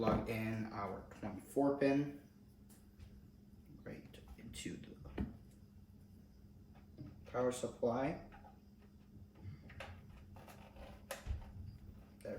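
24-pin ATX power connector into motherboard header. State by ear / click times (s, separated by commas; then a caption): seated / 11.1 s. Someone talks while plugging the 24-pin ATX power cable from the power supply into the motherboard header, with a few handling knocks and taps along the way. The connector latch clicks in at 11.1 s, and the 24-pin connector is seated.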